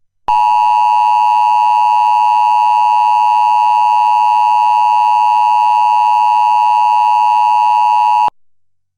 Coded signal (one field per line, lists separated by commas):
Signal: Emergency Alert System (SAME) tones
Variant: 853 and 960 Hz attention tone